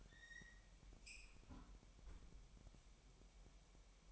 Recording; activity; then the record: daily activity, microphone in the room; close fridge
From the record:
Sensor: 1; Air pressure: 1002.0 hPa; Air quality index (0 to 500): 244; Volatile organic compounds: 49 ppm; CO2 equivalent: 3289 ppm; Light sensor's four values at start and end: 8/28/10/11 and 8/28/10/11